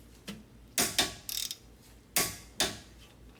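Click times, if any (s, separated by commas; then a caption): 0.8 s, 2.2 s. A click-type torque wrench set to 52 ft-lb tightens the steel front strut/wheel bearing bolts on the steering knuckle of a Toyota Highlander, with a brief ratcheting burst between the sharp snaps. The wrench gives sharp clicks at 0.8 s and 2.2 s, each followed by another quick snap, confirming the bolts reached the set torque.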